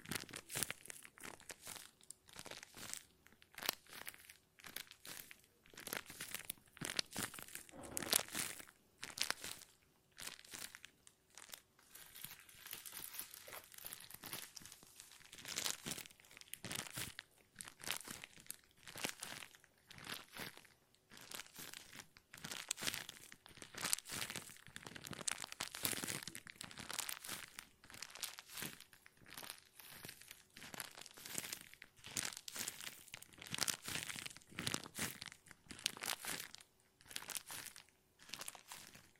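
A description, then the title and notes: Plastic is crinkled continuously for the whole stretch, a dense run of sharp, bright crackles with no real pauses. The handling comes in irregular bursts, some louder crunches around the middle and later, over a faint steady hum underneath. ASMR Plastic Crinkle No Talking.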